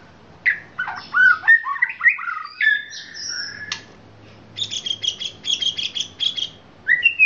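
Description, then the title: Oriental magpie-robin singing mixed whistled slurs and harsh notes, then a fast series of repeated high chipping notes in the second half. Chirping song of the magpie-robin. "Kicau Kacer"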